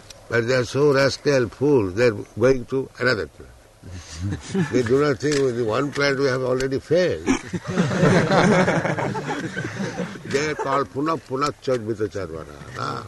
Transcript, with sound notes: But they are so rascal, fool, they are going to another planet. They do not think, "With the one planet we have already failed." [laughter] They are called punaḥ punaś carvita-carvaṇānām